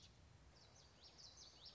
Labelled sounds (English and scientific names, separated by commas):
Common Yellowthroat (Geothlypis trichas)